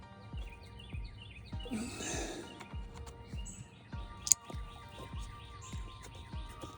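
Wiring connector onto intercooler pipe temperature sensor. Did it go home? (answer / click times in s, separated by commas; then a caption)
yes / 4.3 s. On a Ford F250 6.7 Power Stroke, during a cold-side intercooler hose replacement, the electrical connector is pushed onto the intake air temperature sensor on the intercooler pipe, after its locking clip has been pushed into position. Birds chirp steadily in the background, and a brief rustling burst comes around 2 seconds. A single sharp click at 4.3 s marks the connector seating in place.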